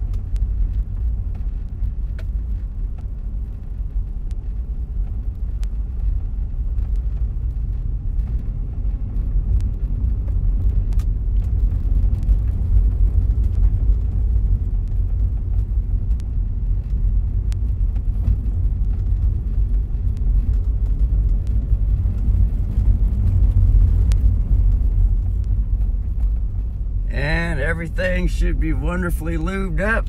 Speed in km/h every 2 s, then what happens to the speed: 5, 5, 5, 5, 8, 8, 8, 8, 8, 10, 10, 10, 8, 7, 7.
0-30 steady at about 8.